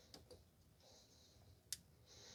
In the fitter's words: make sure it clicks